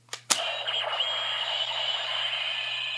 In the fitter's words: here comes the sound and it will click into place so